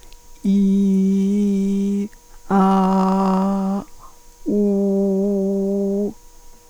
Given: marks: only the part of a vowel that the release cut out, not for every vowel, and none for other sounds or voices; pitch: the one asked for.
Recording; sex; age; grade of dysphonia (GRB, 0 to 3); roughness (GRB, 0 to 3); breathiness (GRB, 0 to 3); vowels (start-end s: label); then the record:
sustained vowels; female; 40 to 49 years; 2; 0; 2
0.65-1.96 s: vowel /i/, low pitch
2.61-3.75 s: vowel /a/, low pitch
4.62-5.97 s: vowel /u/, low pitch
From the record:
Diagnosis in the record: dysphonia, dysodia (singing voice disorder); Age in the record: 47 years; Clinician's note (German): Multifaktoriell